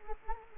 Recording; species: mosquito wingbeat signal from an infrared sensor; Anopheles gambiae